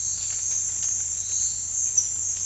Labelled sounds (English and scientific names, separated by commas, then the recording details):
none
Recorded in dense forest near Puerto Asís, Putumayo, Colombia, on 21 March 2025 at 16:30
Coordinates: 0.484, -76.317
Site G064